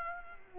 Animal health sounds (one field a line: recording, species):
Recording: mosquito wingbeat signal from an infrared sensor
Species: Culex quinquefasciatus